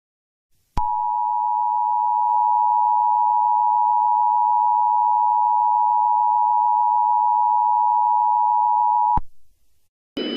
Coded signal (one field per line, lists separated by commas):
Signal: Emergency Alert System (SAME) tones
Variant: 853 and 960 Hz attention tone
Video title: EAS Scenario 7: Asteroid impact